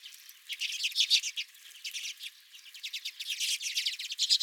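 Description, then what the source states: Quick, twittering redpoll calls from several birds, coming in short bursts with a brief pause in the middle. Several redpolls at the recordist's own feeder.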